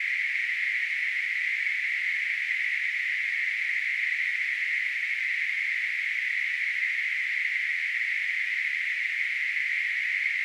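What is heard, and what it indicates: A steady, unchanging hiss, a band of noise centred in the upper-middle pitch range, holds at constant loudness for about ten seconds with no pulsing. It is a simulation of tinnitus, the ringing or hissing a person hears without an outside sound.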